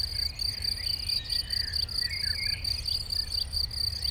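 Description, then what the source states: Crickets trilling in a dense, pulsing high chorus; brief bird chirps and a low traffic drone run underneath. Chorus of crickets in a sunny west-facing sloping meadow at Chindrieux, France, with birdsong from surrounding trees and traffic noise from a nearby road.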